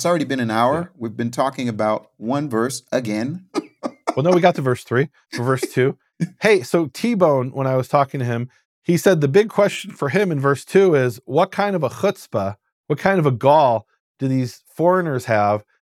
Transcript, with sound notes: Now, it’s already been an hour. We’ve been talking about one verse again. [laughing]
Well, no, we got to verse 3 or verse 2. Hey, so T-Bone, when I was talking to him, said the big question for him in verse 2 is, what kind of a chutzpah, what kind of a gall, did these foreigners have?